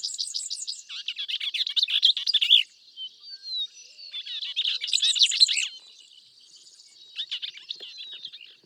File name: Bell's vireo